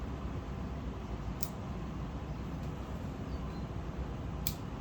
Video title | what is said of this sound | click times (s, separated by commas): Fixing a Sportster Front Cylinder Oil Leak - Head Gasket & Pushrod Tube Seal Repair | Satisfying click. I like it. | 4.5 s